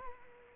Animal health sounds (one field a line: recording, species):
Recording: mosquito wingbeat signal from an infrared sensor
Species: Culex quinquefasciatus